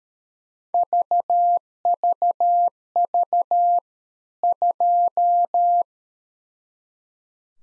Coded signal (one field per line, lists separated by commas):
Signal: Morse code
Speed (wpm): 13 wpm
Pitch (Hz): 700 Hz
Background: none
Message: VVV 2